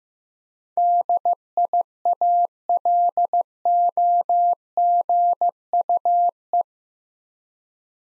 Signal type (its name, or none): Morse code